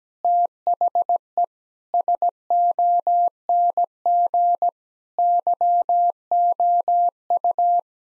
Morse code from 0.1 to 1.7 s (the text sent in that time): THE